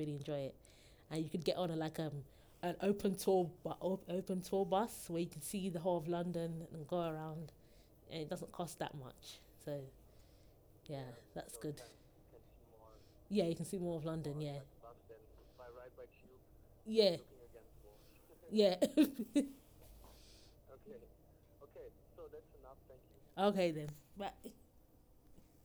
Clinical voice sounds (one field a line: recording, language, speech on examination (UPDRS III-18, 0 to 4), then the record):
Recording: conversation on a phone call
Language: English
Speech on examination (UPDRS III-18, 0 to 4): 0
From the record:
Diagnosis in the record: healthy control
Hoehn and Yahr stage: 0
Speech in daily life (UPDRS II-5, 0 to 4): 0